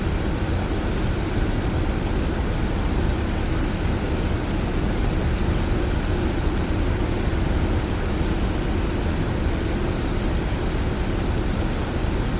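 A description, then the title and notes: A fan runs with a steady, unbroken whoosh that never rises or falls across the twelve seconds. The sound is dense and rumbling, heaviest in the low range with a faint airy hiss above, constant, with no other sounds standing out. Sound of A Fan for Sleep or Studying White Noise.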